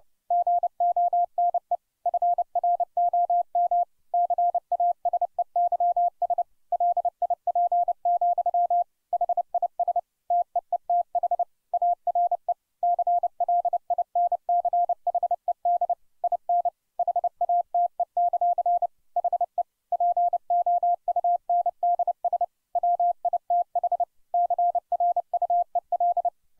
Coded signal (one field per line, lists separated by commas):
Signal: Morse code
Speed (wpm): 30 wpm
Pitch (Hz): 700 Hz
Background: none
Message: GONE FROM CASEYS LIP, HIS TEETH ARE CLINCHED IN HATE; HE POUNDS WITH CRUEL